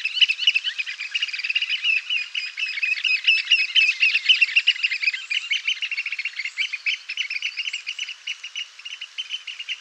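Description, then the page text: Eurasian oystercatcher giving rapid, piercing piped notes in an excited, irregular stream of several per second. "David Farrow - Кулик-сорока (Haematopus ostralegus)"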